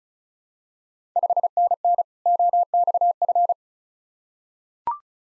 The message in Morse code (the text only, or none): 5NN OXF